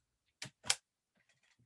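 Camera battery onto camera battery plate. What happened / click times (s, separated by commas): The battery latched onto its mount / 0.4 s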